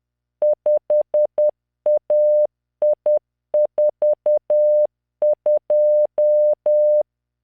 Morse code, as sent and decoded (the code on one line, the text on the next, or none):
..... .- .. ....- ..---
5AI42